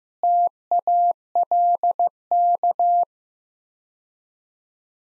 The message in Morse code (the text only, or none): TALK